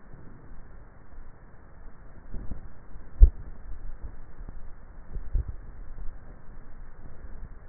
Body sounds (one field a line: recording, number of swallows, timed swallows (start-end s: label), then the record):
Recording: swallowing sounds by neck microphone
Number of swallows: 2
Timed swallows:
2.92-4.02 s: swallow
5.15-6.00 s: swallow
From the record:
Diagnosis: dysphagia